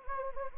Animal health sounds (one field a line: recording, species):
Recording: mosquito wingbeat signal from an infrared sensor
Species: Anopheles gambiae